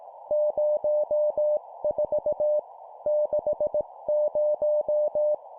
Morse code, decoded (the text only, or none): 04 60